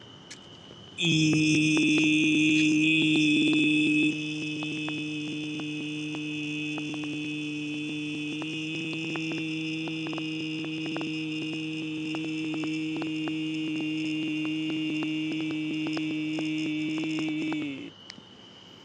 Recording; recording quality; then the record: sustained vowel as in beet; excellent, no background noise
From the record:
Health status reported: healthy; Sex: male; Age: 41 years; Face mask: not worn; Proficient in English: yes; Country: India